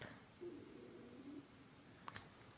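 A soft, low, wavering gurgle rises and drags on for about a second in a quiet room, then a faint click follows. This is an adult's stomach rumbling (borborygmi), the ordinary sound of gas and fluid moving through the gut.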